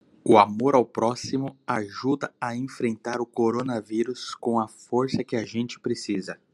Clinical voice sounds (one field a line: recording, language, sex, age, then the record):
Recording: spoken sentence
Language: Brazilian Portuguese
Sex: male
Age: 30 to 39 years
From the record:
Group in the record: control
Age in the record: 38 years